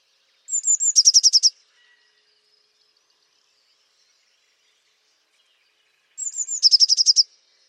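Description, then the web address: Eurasian blue tit giving two calls about six seconds apart, each a few high thin notes leading into a quick buzzy trill, with silence between. "cianscape birddata Deverinetal 2025 File origin Bird Only Cy Ca"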